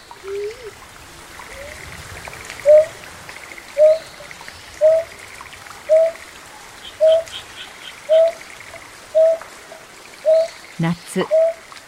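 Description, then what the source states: Greater painted-snipe hooting, even low notes repeated roughly once a second in a long series, with faint chirping in the background and a sharp click near the end. Suburbs of Tokyo, Japan.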